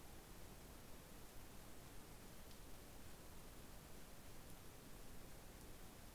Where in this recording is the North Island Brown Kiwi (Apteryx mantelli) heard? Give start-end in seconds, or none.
none